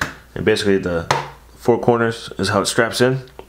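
An iPad Mini is being handled to go into a Kensington Protective Cover & Stand, which holds the tablet by its four corner straps. Someone talks throughout, and no clear click is heard. The tablet has not yet snapped into the corners; nothing has seated.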